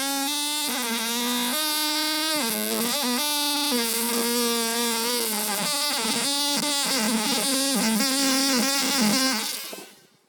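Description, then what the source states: Fly giving a steady, whining buzz with abrupt pitch jumps and wobbles, then the sound fades out at the very end. Trapped fly.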